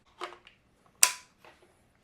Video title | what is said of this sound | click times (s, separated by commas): Neakasa Magic 1 Vacuum Steamer Review - Is this the Best Handheld Garment Steamer on Amazon? | Got our snap back into place. We're good to go. | 1.0 s